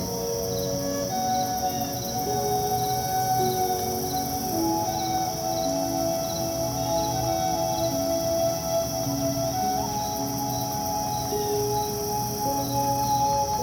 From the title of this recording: Chirping Bugs at the Lake